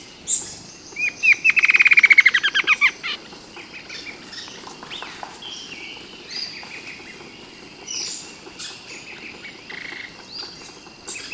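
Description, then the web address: Bird calls open with a rapid trill of sweeping notes that descend in pitch for about two seconds, followed by scattered thin chirps and faint whistles. "BIRD 2015 SABIOD 50 bird 2015"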